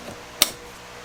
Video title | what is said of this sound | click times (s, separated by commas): The FIRST Mods You NEED on Your 2014–2018 Sierra/Silverado | Beautiful. Just like that. Click right in just like factory. | 0.4 s